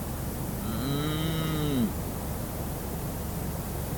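Cow mooing, one deep harmonic moo lasting about a second, with a slight fall at its close, followed by steady hiss.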